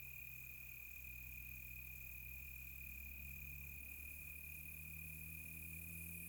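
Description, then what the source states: Crickets keep up a constant high trill while low droning hums shift in pitch underneath. Crickets recorded close on a quiet tropical night.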